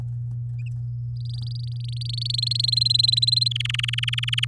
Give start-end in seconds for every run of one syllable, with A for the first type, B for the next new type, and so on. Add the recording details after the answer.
1.17-2.36 A, 2.38-3.48 B, 3.51-4.45 C. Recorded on 6 May 2018 at 11:19. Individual llb16